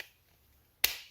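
A Victorinox Fibrox kitchen knife blade is pushed into a custom-formed Kydex thermoplastic sheath, with near silence beforehand. At 0.8 s it seats with one sharp, bright snap that quickly decays. The blade is retained in the sheath with a tight fit and no wiggle.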